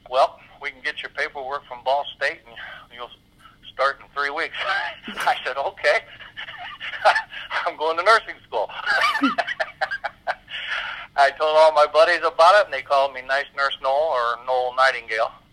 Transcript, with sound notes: "Well, we can get your paperwork from Ball State and you'll start in three weeks." (laughs) I said, "Okay. I'm going to nursing school." I told all my buddies about it, and they called me Nice Nurse Noel, or Noel Nightingale.